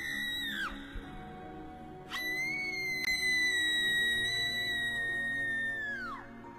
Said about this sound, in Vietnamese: Nó giật phát sợi dây xuống, ném về phía cái con ma quái kia. Chỉ thấy một tiếng hét vang lên thảm thiết, cái con kia nó biến mất trong tức khắc.